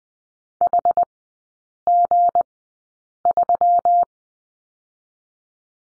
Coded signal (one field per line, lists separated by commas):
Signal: Morse code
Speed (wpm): 20 wpm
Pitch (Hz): 700 Hz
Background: none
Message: HG3